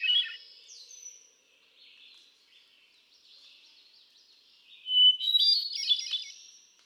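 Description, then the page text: Hermit thrush song: a short high flutey phrase opens, soft warbling notes drift on quietly, then a loud clear whistle leads into a bright tumbling run of notes. Male singing in June (13 June 2006) at Quabbin Park, Ware, Massachusetts, cycling through a repertoire of about ten different songs. "Birdsong for the Curious Naturalist. Hermit thrush. A truly gifted and inspiring songster, example 1. Can you hear how he cycles through his repertoire of about ten different songs? June 13, 2006. Quabbin Park, Ware, Massachusetts"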